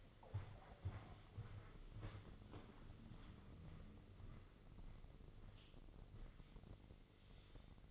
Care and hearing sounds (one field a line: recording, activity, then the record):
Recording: daily activity, microphone in the room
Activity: walk to room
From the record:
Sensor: 4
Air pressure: 996.3 hPa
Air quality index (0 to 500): 80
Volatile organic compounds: 3 ppm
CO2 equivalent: 1506 ppm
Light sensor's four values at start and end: 17/47/18/19 and 19/52/20/21